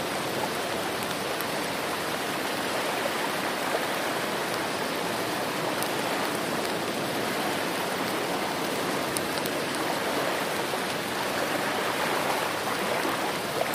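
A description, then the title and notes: Steady rain pours down in a dense, unbroken hiss that holds the same level for the whole stretch. The sound is full and close, spread from low rumble to bright spray, with faint sharper ticks of drops scattered throughout. Rainstorm White Noise.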